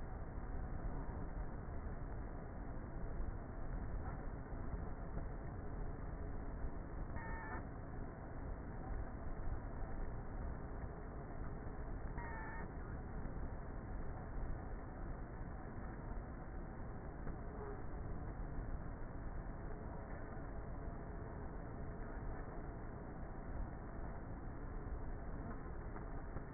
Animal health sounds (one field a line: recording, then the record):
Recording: honeybee colony, microphone inside the hive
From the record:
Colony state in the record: queenless with a low population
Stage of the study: before two queens were removed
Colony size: about 30,000 bees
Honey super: no